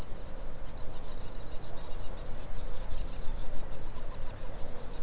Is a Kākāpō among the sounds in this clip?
no